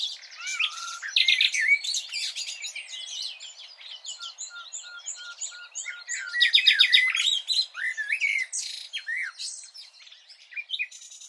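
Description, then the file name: Common nightingale song in varied phrases: rich chirps and slurred notes, a short series of soft even whistles mid-way, then a loud, dense burst of twittering. "Luscinia megarhynchos"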